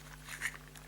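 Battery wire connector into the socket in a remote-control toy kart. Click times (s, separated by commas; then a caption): 0.8 s. A new battery's wire connector is pushed into its small socket inside a Mario Kart Live: Home Circuit remote-control toy kart, with soft scraping and rubbing during the push. A short, sharp click is heard at 0.8 s as the connector clicks into place and seats.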